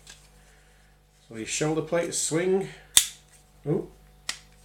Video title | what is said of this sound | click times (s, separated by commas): Fansproject Pinchar and Lepida aka Snarl review | eat they click into place okay | 4.3 s